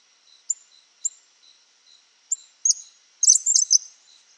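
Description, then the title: Cattle tyrant calls: several spaced, high, sharp chips building into a dense twittering burst toward the end. Nominate subspecies Machetornis rixosa rixosa. "LuckyPassaro Completos2Sama. Cattle Tyrant (Machetornis rixosa rixosa)"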